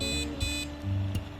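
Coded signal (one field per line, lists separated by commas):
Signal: beep code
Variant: PC BIOS POST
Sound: two short buzzy computer beeps, separated by a brief gap, over a low hum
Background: fan hum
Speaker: Beep 3 kali sering terjadi itu karena RAM-nya tidak terdeteksi guys.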